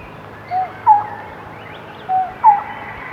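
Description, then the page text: Lineated barbet giving two pairs of soft hooting notes, each a flat tone then a slightly rising hooked note, against low background noise. "Lineated Barbet Call. Quick Sounds"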